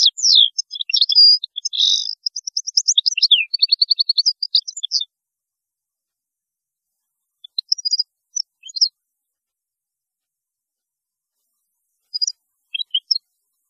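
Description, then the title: European goldfinch song, a five-second burst of rapid liquid twitters and trills, then sparse short twittering fragments after a pause. "Chant Chardonneret"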